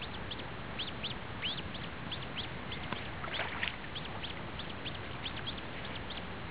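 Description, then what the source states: Coot calls: a dense stream of thin, high, curved peeps, several per second, with a brief burst of louder squeaky notes midway over low background noise. Adult feeding young.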